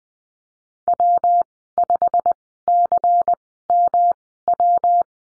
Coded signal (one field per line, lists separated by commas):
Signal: Morse code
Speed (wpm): 20 wpm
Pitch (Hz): 700 Hz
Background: none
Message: W5CMW